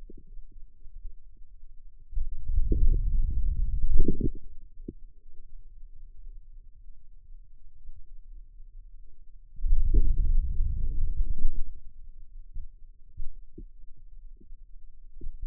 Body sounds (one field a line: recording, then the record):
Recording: forearm muscle sounds (acoustic myography)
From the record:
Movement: wrist flexion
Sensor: system 2, bracelet of six BSWA MPA416 microphones around the upper forearm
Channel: 4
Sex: male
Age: 22 years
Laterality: right